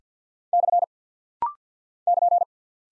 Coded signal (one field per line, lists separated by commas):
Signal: Morse code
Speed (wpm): 50 wpm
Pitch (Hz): 700 Hz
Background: none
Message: / <KN>